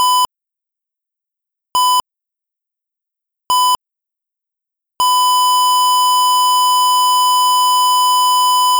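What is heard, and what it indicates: A cardiac monitor sounds three short, evenly spaced beeps, then a single steady, unbroken tone: a flatline alarm.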